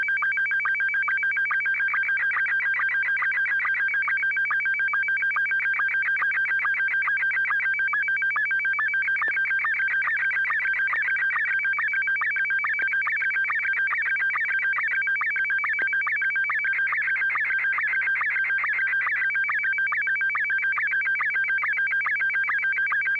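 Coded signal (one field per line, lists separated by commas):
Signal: SSTV (slow-scan television)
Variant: Scottie 1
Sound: steady warbling, rapidly chirping tones that repeat rhythmically for the whole clip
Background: low hum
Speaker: all right I'm just going to send this one Scotty one and 6 YG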